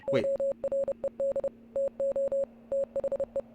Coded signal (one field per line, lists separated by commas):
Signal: Morse code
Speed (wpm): 30 wpm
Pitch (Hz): 550 Hz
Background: none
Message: ORED TO THE